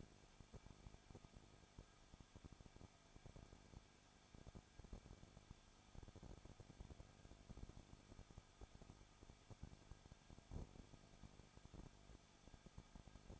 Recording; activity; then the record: daily activity, microphone in the room; no activity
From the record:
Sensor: 5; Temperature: 20.9 degrees Celsius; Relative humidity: 35.1%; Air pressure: 994.6 hPa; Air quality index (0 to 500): 153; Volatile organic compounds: 2 ppm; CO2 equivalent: 1278 ppm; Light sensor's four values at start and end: 2/3/1/1 and 2/3/1/1